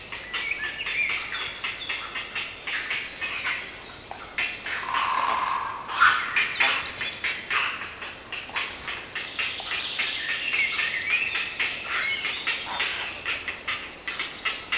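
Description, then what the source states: Grey Heron calls: rapid, harsh clattering notes with higher squeals and one longer, lower croaking sound midway. Field recording from Sweden.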